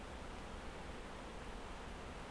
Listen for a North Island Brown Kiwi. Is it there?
no